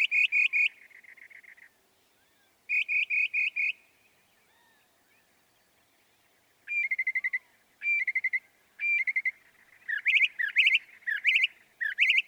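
Northern mockingbird song: clusters of repeated notes, each phrase given several times, with pauses between groups and a varied, rapid ending.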